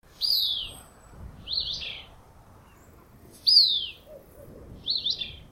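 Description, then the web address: Caribbean elaenia giving four high, slurred notes, spaced about one to two seconds apart. Recorded 6 December 2008. "Oiseaux Passeriformes Sons Ela Mar 081206"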